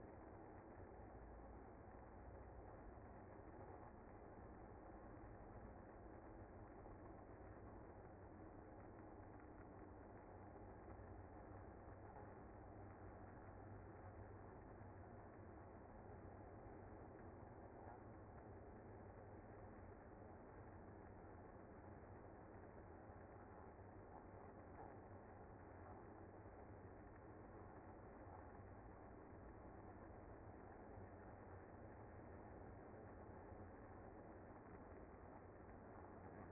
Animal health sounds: honeybee colony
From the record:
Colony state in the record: active

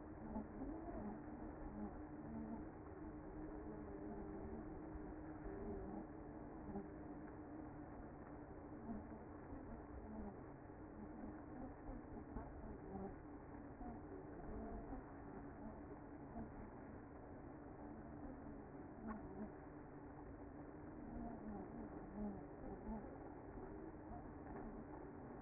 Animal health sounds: honeybee colony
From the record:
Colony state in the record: active

